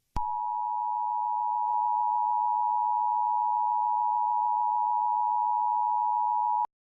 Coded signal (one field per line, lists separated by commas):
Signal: Emergency Alert System (SAME) tones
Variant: 853 and 960 Hz attention tone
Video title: Eas Scenario 011 - Operation of the Silent Feast (The Thanksgiving Special)